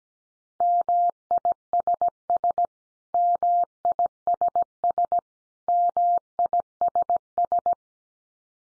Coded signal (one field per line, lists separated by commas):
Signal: Morse code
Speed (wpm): 17 wpm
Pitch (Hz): 700 Hz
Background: none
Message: MISS MISS MISS